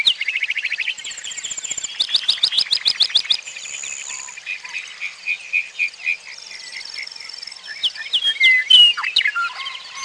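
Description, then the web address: Bird calls and songs: a dense mix of high trills, rapid repeated chips and thin whistles overlapping throughout. "Peterson North American Birds"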